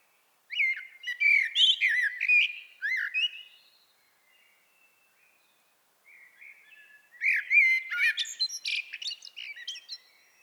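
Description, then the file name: Common blackbird song in two bouts: rich fluting warbled phrases with high twitters, a quiet pause, then another loud phrase with squeaky chatter. "Turdus merula"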